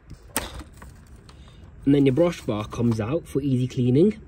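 A side release button on the floor head of a Gtech AirRam K9 Mk2 vacuum cleaner is pressed, and it unlatches with a sharp click at 0.4 s. Softer clicks and rattles follow as the plastic brush bar comes out of the head. Someone then talks from about 1.9 s, and the brush bar is released.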